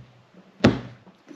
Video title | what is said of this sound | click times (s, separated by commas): Fuel Filter Replacement On Our Tow Vehicle 2020 GMC 2500HD SLT With Duramax Diesel | and it clicks in place | 0.6 s